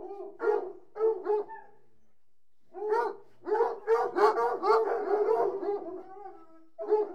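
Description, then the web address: Hunting hounds whining and yelping in clustered bursts, a short pause near two seconds, then a denser overlapping run of calls. A pack of about sixty hunting hounds whining. "BBC Sound Effects Library. Hunting Hounds"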